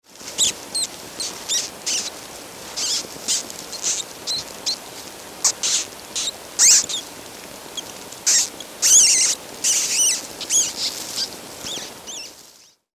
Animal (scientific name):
Rattus norvegicus